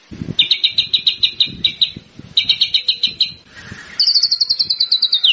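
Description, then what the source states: White-rumped shama song: bursts of rapid, evenly repeated high chipping notes, then a fast trill that slides downward at the end. Lure sound of an actively singing bird, meant to provoke a quick response from other shamas.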